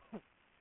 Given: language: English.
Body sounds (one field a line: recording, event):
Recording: throat vibration sensor signal played as sound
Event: throat clearing